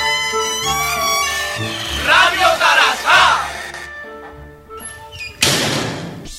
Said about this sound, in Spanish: Se abre la puerta del local.